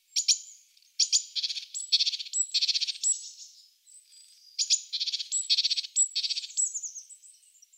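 Great tit giving fast series of high clipped notes in two long runs separated by a brief pause.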